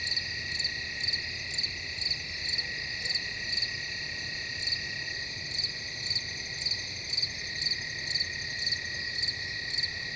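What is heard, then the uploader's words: Nighttime ambience of steady, high insect trilling with regular pulsed chirps about twice a second, over a faint low rumble. Nighttime Noises - Ambience.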